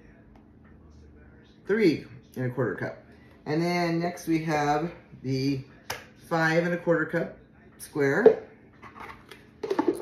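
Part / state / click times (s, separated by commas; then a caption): plastic lid onto square food storage container / seated / 9.8 s. A flexible plastic lid is pressed onto a square plastic food storage container (5 1/4 cup) while someone talks. After a few short contact sounds, the lid snaps on at 9.8 s and is seated.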